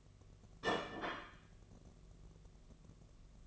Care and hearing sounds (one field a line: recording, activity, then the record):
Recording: daily activity, microphone in the room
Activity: place plate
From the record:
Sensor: 4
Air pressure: 1015.9 hPa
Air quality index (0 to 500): 209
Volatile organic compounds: 13 ppm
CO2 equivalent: 2406 ppm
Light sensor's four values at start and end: 17/39/16/17 and 16/37/15/16